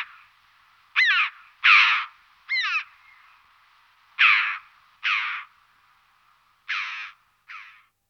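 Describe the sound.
Red-billed Chough giving spaced, harsh calls, each short and rasping, about seven in eight seconds.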